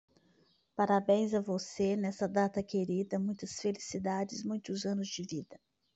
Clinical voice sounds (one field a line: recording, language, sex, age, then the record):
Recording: short text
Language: Brazilian Portuguese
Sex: female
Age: 50 to 59 years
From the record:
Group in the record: control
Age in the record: 57 years